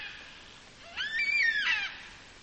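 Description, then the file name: Black cockatoo giving a single drawn-out wailing call with a wavering, slightly falling tone, lasting about a second, over a quiet background hiss. "Black Cocky"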